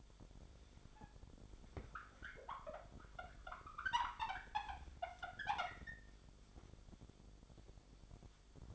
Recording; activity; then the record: daily activity, microphone in the room; wipe stove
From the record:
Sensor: 5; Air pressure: 1007.2 hPa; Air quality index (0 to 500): 173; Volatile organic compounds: 4 ppm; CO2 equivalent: 1653 ppm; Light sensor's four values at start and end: 54/147/58/58 and 53/143/57/58